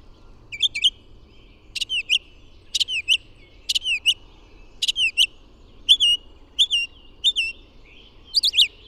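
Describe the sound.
Bird song: slurred notes dipping and rising, delivered in pairs and triplets with brief pauses between them.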